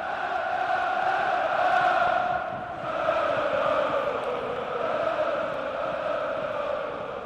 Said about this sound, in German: wo die brodelnde, jubelnde, kreischende Masse, trichterförmig eingepfercht, sich selbst verstärkt. Wo die apostolischen Kniefälle zu Laola-Wellen werden und die identitätsstiftenden Choräle sich im Handumdrehen zu Schlachtgesängen hochjubeln.